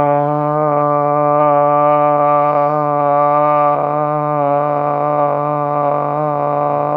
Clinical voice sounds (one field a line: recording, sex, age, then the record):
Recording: sustained vowel /a/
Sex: male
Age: 40 to 49 years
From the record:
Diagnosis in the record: healthy control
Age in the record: 40 years